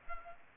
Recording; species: mosquito wingbeat signal from an infrared sensor; Aedes aegypti